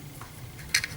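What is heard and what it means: A small plastic cartridge piece from a toy upgrade kit is pushed into its plastic slot on a toy jetpack. It snaps in with a sharp click at 0.8 s, followed by a lighter tick just after, and it is seated, though it fits in so simply that it may come back out.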